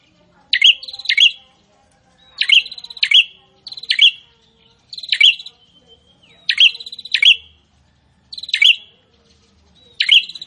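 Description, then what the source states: Prinia song: short phrases of buzzy trills with sharp high notes, repeated with brief gaps. Prinia singing actively (gacor).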